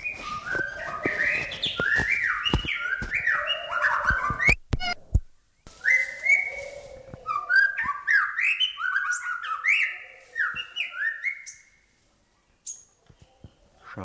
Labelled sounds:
White-rumped Shama (Copsychus malabaricus) song
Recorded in captivity
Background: Treron calva
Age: adult
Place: Zoo Berlin, Berlin, DE
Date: 1997-12-23 10:19
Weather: overcast, hazy, ca. 1-2°C
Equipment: Nagra SN, Kopie Uher 4000 Report Monitor
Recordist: Tembrock, Günter
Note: Gesang im Hintergrund der Grüntauben-Aufnahme

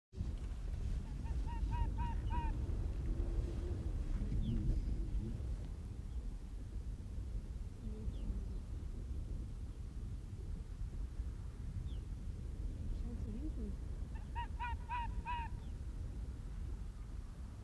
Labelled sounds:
Arctic Fox (Vulpes lagopus)
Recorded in the wild
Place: Insel Mednyi, Kommandeur-Inseln, RU
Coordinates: 54.5167, 168.083
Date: 1999-06-25 18:43
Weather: kaum Nebel, 5,5°C
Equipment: Sony WM-D6C, Sennheiser MKH 70, Windkorb, Kopie Tascam DA 30
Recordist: Frommolt, Karl-Heinz
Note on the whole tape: Südosten der Insel, Haupttal: Polarfuchs äußert Bellstrophen am Südgrat des Haupttales. Tier scheint zu hinken. Entfernung 300 - 400 m

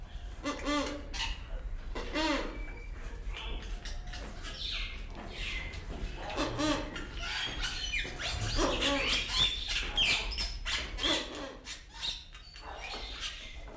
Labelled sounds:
Bali Myna (Leucopsar rothschildi)
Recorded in captivity
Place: Zoo Berlin, Berlin, DE
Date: 1995-02-04 10:58
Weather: bedeckt, 4°C, Wind
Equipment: Marantz CP 430, Sennheiser ME 80, Kopie Uher Variocord 263
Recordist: Tembrock, Günter

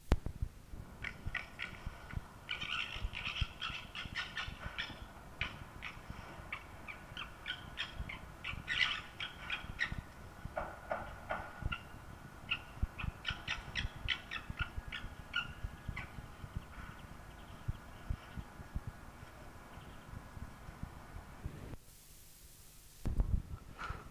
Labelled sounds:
Corsac Fox (Vulpes corsac)
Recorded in captivity
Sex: male
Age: adult
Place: Zoologisches Institut der HUB, Berlin, DE
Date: 1968-12-31 11:11
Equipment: Uher 4000 Report Monitor, GDM 121
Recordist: Tembrock, Günter

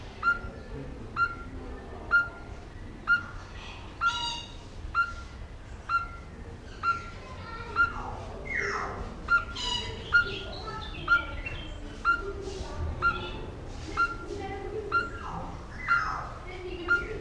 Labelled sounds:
Speckled Tinkerbird (Pogoniulus scolopaceus) call
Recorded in captivity
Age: adult
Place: Zoo Berlin, Berlin, DE
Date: 1994-05-28 11:38
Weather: bedeckt, 12-15°C
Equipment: Marantz CP 430, Sennheiser ME 80, Kopie Uher Variocord 263
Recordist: Tembrock, Günter

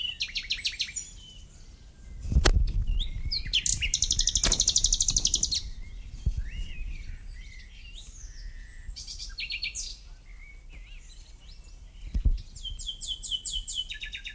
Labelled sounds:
Common Nightingale (Luscinia megarhynchos) song
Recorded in the wild
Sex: male
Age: adult
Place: Lübars, Berlin, DE
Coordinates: 52.6172, 13.3619
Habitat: wood
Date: 2007-05-04 13:45
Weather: sunny, 23°C
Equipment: Sony WM-D6C, Sennheiser ME 80, Kopie Uher 4000 Report Monitor
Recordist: Tembrock, Günter
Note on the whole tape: Männchen: Gesang (gleiches Exemplar am 28.4., 4.5., 6.5., 20.5, 28.5. und Tier 1 am 29.5.2007). Im kleinen Wäldchen nahe der Siedlung - in der Nähe des Grundstücks

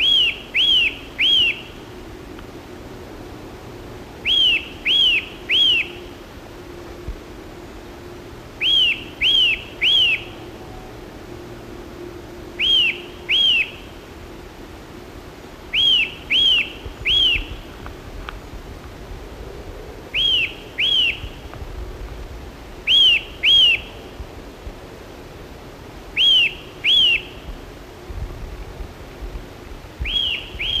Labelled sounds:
Eurasian Nuthatch (Sitta europaea) song
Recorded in the wild
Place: Wegfurt, DE
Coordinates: 50.3958, 10.0869
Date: 1964-04-02
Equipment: Uher Report 4000, AKG D190
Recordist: Krey, Winfried

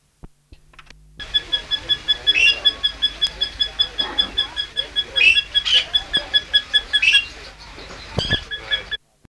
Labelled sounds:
Australian Ringneck (Barnardius zonarius) call
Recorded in captivity
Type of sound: call
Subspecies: barnardi
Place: Vogelpark Walsrode, Niedersachsen, DE
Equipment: Halbspur, 9,5 cm/s
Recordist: Lütgens, Hans

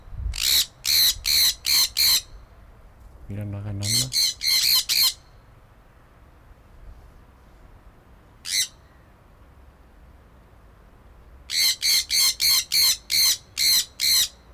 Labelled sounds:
Sun Parakeet (Aratinga solstitialis)
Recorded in captivity
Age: adult
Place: Tiergarten Wilhelma/Stuttgart, Baden-Württemberg, DE
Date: 1996-09-18 17:40
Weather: bedeckt, 14°C, teils böiger Wind
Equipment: Sony MD-WM MZ-R3, Sennheiser ME 80, Kopie Uher 4000 Report Monitor
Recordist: Tembrock, Günter

